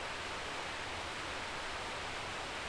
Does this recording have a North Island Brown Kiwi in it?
no